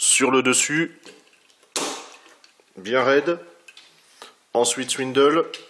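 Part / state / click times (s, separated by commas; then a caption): plastic attachment clip on a combiner robot toy / seated / 1.8 s. A plastic attachment clip is pressed onto the top of a combiner robot toy during assembly, and it is very stiff. Someone talks, then a loud snap is heard at 1.8 s as the clip seats, followed by faint small clicks and more talking.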